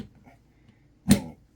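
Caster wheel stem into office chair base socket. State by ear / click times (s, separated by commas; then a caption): seated / 1.1 s. A caster wheel stem with a locking ring is pushed into the socket of a plastic office chair base. After a quiet stretch with a faint tap near 0.2 s, one sharp snap at 1.1 s shows the caster seating all the way down, followed by a brief ringing tail.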